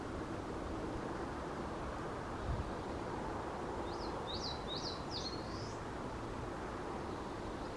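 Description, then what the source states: Eastern crowned warbler song: a short run of high, sharp notes ending in a longer slurred note, against a constant low rumble of background noise. Recorded on 25 April 2023.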